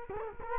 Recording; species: mosquito wingbeat signal from an infrared sensor; Culex quinquefasciatus